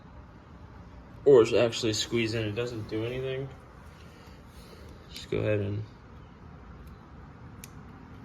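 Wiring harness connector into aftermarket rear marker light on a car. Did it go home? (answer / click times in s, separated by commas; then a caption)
no / none. Someone talks while handling a plastic wiring harness connector being pushed into an aftermarket rear marker light on a 2024 Mustang GT S650. A faint sharp tick is heard near 7.6 s, but nothing has seated or clicked yet.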